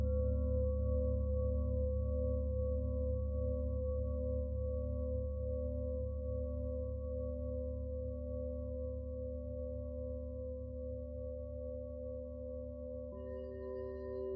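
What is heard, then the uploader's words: Singing bowls hum in a steady, deep drone with several sustained ringing tones layered above it and a slow, regular pulsing beat. Near the thirteenth second a new, higher bowl tone enters, adding a bright shimmer on top while the low hum continues unbroken. Soundscape singing bowls.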